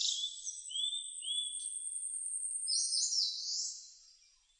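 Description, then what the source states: Eastern crowned warbler singing high, thin notes followed by a buzzy burst near the end of the phrase. Recorded on 18 June 2006.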